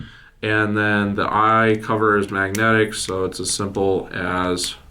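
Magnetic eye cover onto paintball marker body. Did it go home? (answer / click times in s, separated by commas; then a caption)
no / none. Someone talks while handling the magnetic eye cover of a DLX Luxe TM40 paintball marker, about to set it back onto the marker's body. Speech fills the clip with no sharp transients, and nothing has seated or clicked yet.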